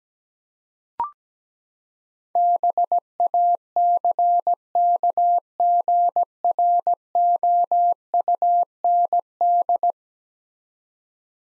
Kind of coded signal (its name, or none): Morse code